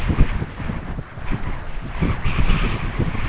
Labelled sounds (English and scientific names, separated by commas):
none